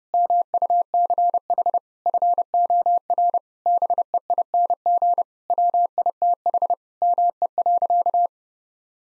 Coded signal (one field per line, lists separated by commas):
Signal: Morse code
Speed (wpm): 30 wpm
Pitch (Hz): 700 Hz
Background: none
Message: MUCH FOR BEING WITH ME.